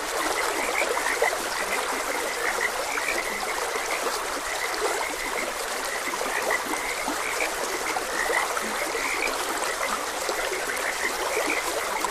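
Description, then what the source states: Frogs croak in a continuous chorus of short notes over the steady sound of a stream. Several frogs croaking beside a gentle stream.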